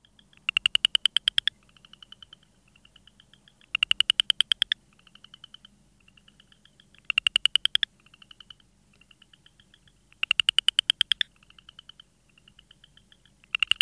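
Southern chorus frog calling: a short rising pulsed trill repeated roughly every three seconds, with softer buzzy pulse series between calls and a low steady hum.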